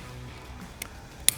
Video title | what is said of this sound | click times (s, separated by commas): 2020+ Ford Super Duty Morimoto XB LED Headlights Amber DRL Review & Install - Headlight Revolution | making sure that clicks in place | 1.3 s